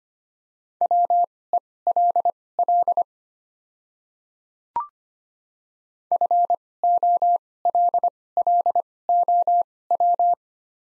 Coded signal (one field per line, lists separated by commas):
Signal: Morse code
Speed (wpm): 25 wpm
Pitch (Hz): 700 Hz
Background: none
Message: WELL FOLLOW